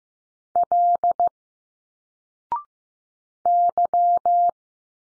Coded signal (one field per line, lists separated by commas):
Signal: Morse code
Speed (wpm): 15 wpm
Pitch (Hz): 700 Hz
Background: none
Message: L Y